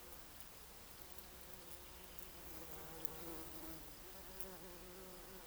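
Bumblebee buzz, a low humming drone that swells slightly midway, with a soft hiss behind it.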